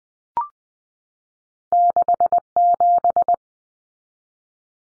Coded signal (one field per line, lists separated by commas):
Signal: Morse code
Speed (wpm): 20 wpm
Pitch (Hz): 700 Hz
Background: none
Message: 67